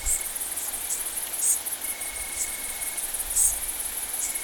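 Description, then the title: Bush crickets producing a constant shrill buzz with occasional louder chirps and a long level trill in the middle, a faint low rumble beneath. Bush crickets, Italian tree crickets and great green bush-crickets together at Saignon, Vaucluse, France, in September 2000. "Sylvain Jaskowiak - Animus. Decticelles, grillons d'Italie, grandes sauterelles vertes - Saignon, Vaucluse - septembre 2000"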